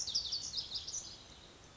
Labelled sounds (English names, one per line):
Pacific Wren